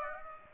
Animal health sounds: mosquito wingbeat signal from an infrared sensor; Aedes aegypti

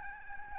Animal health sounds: mosquito wingbeat signal from an infrared sensor; Aedes albopictus

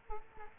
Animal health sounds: mosquito wingbeat signal from an infrared sensor; Culex quinquefasciatus

